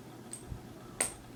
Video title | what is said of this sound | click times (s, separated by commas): How To Customize A 1:18 Scale Model Car - Bburago Ferrari 488 GTB | and they just kind of Click into place | 0.3 s, 1.0 s